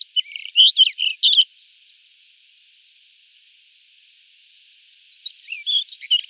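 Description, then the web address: White-crowned wheatear singing a fast scratchy, warbling phrase, then a pause filled with faint hiss before another similar phrase. "Schulze Peter White-crowned Wheatear song"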